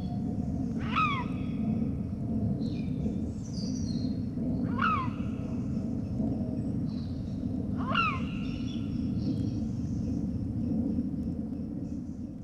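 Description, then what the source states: Eurasian lynx giving three short harmonic, downward-sliding calls, over steady low rumbling background noise with faint high chirps. Lynx recorded while out hunting.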